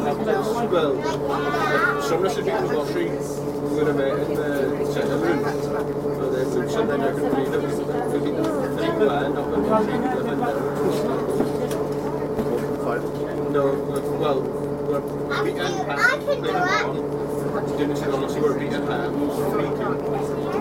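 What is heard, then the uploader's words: Recorded aboard a local bus, a steady low engine drone with a sustained hum runs throughout at an even level. Voices talk over it continuously, with brighter bursts of speech, possibly children, around sixteen seconds. Field recording made on a local bus.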